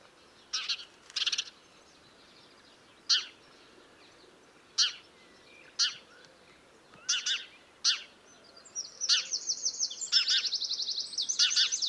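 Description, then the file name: House sparrow giving single and doubled chirps at uneven intervals, then breaking into a rapid rattling chatter toward the end. "Passer domesticus"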